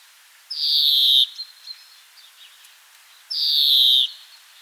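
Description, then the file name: European greenfinch producing two long buzzy wheezes that drop slightly in pitch, nearly three seconds apart, with a few soft notes after the first. "Chloris chloris"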